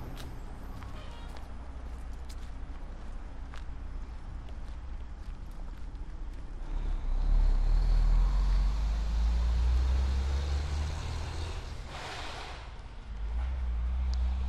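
On a walk through Marpole, traffic rumbles steadily, swelling as a heavy vehicle passes around eight to twelve seconds, with light clicks early on.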